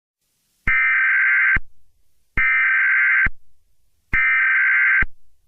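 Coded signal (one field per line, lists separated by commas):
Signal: Emergency Alert System (SAME) tones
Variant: header bursts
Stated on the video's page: Fictional EAS scenario alert.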